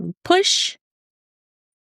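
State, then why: Not seated. The plastic buckle tongue on a unicorn toy's belt is lined up with two hands and pushed toward the buckle receiver while someone briefly talks, followed by a short breathy hiss. The clip ends before the buckle snaps in, so nothing has seated or clicked yet.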